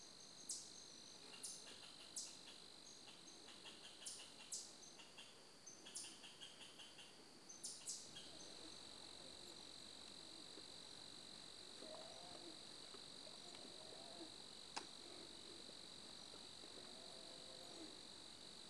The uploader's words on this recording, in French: Québec Soundscape. Vous êtes dans la nature québécoise. Enregistré en septembre 2011.